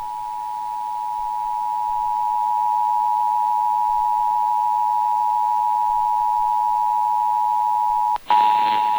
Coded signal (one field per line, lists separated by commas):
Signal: Emergency Alert System (SAME) tones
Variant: 853 and 960 Hz attention tone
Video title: EAS #333-336: 4 EAS National Periodic Tests (National EAS Test)- Aug. 7, 2019- 11:20AM PDT